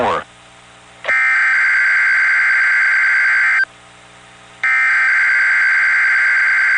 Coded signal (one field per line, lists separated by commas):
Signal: Emergency Alert System (SAME) tones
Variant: header bursts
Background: speech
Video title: Required Weekly Tests from May 20 2026 EAS 714-714